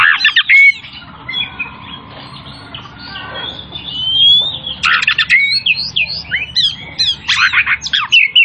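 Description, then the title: Oriental magpie-robin song in bursts: rattling trills and clear slurred whistles, a quieter stretch in the middle, then rapid chattering phrases resuming; low hum beneath. Singing vigorously, in the style called gacor; from Tretes. "Kacer Tretes Gacor"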